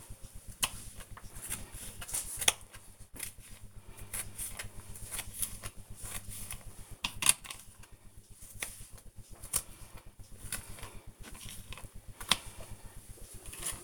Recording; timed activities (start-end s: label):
household activities, microphone on the right wrist
0.00-13.84 s: cutting vegetables